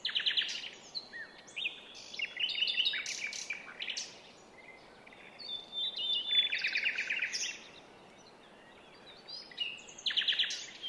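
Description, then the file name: Common nightingale song with loud bursts of rapid repeated notes and varied whistled phrases, separated by brief quieter gaps. "Luscinia megarhynchos"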